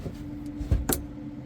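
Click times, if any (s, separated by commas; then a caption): 0.9 s. A black quick-connect battery cable plug is pushed into the matching socket on the charge inverter until it is fully connected with the release button showing. A low thump at about 0.7 s is followed by a sharp snap at 0.9 s, over a steady low hum. The plug snaps in and seats fully.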